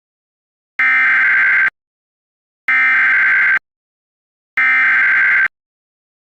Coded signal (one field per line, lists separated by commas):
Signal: Emergency Alert System (SAME) tones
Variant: header bursts